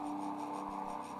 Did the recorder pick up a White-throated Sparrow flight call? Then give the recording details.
no. No flight call is heard. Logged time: 11:03 on 12 December 2014